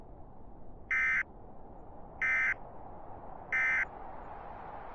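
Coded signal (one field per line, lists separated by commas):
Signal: Emergency Alert System (SAME) tones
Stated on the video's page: Simulated EAS nuclear disaster scenario for New York state.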